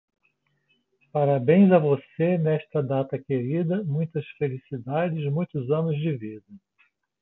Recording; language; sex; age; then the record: short text; Brazilian Portuguese; male; 60 to 69 years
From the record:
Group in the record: control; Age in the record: 62 years